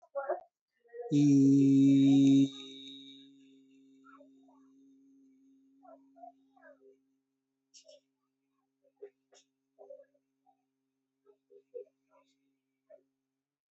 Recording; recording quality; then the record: sustained vowel as in beet; excellent, no background noise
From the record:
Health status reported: healthy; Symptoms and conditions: diabetes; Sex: male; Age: 42 years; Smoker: not ticked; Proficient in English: yes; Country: India